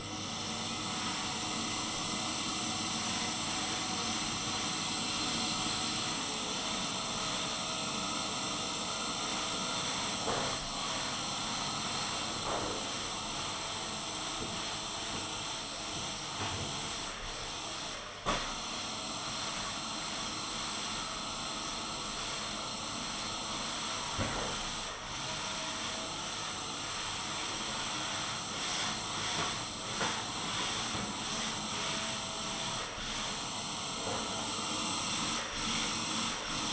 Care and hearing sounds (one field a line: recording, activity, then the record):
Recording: daily activity, microphone in the room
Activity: vacuum cleaning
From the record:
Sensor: 4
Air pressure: 995.3 hPa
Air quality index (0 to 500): 199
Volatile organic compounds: 147 ppm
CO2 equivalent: 4008 ppm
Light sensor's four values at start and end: 9/22/8/10 and 8/20/8/9